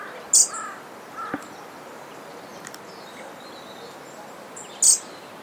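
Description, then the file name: European robin with two short, piercing high calls roughly four and a half seconds apart, a soft lower chirp between them, and constant background hiss. "Erithacus rubecula"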